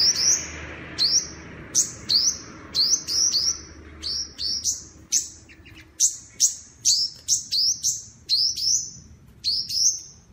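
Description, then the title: Scarlet-headed flowerpecker giving thin, high downslurred notes, single or in quick pairs, repeated roughly every half second over a faint low hum. Juvenile bird in spotted young plumage ('trotol'), described as singing persistently ('gacor'). "Sogok Ontong Trotol Gacor"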